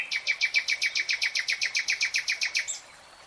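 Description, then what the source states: Nightingale song: a rapid, evenly spaced string of many loud repeated notes that stops abruptly. Singing, heard in real time.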